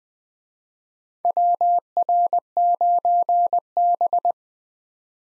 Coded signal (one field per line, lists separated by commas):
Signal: Morse code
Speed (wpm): 20 wpm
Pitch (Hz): 700 Hz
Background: none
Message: WR9B